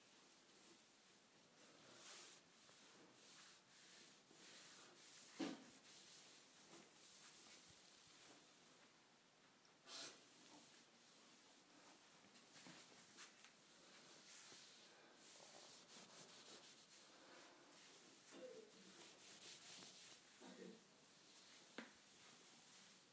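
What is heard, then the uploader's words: A wipe is dragged across a counter in steady, back-and-forth rubbing strokes, a dense, bright scratchy texture that barely pauses for the full 23 seconds. Short sharper scuffs stand out around 5, 10, 18 and 22 seconds. ASMR Cleaning the Counter with a Wipe.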